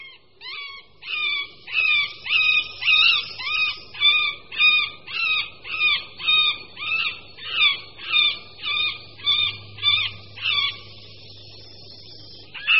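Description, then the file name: Middle spotted woodpecker call: a long run of many nasal, squeaky quacking notes, evenly spaced, then stopping; faint low hum underneath. "Strakapoud-prostřední"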